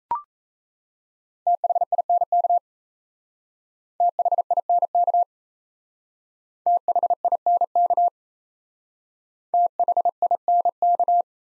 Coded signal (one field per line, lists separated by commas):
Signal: Morse code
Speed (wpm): 37 wpm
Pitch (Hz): 700 Hz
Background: none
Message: THINK THINK THINK THINK